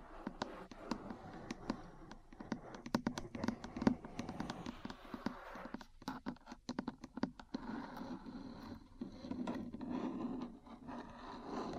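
Metal parts tap and scratch in an irregular run of sharp clicks, thickest between about three and four seconds and again around six to eight seconds. A low, rough scraping rustle fills the gaps, swelling steadily toward the end.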